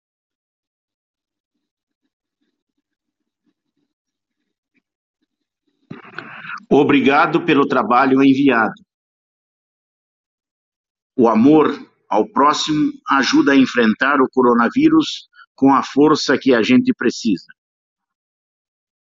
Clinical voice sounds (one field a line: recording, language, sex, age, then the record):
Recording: spoken sentence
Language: Brazilian Portuguese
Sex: male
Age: 60 to 69 years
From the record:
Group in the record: control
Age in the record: 63 years